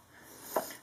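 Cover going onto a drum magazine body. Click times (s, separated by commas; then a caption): 0.6 s. The cover of a disassembled 75-round AK47 drum magazine is put back onto the magazine body. A low rubbing and scraping builds to a single loud snap at 0.6 seconds. The cover seats and no longer moves.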